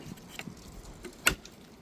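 A plastic B-pillar applique trim clip is pushed again into the door pillar of a 2019 Tesla Model 3 after repeated attempts to make it click. A few faint ticks are followed by one sharp, loud click at 1.3 s as the clip snaps home and the trim is seated.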